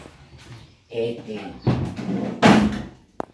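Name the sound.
door opening or closing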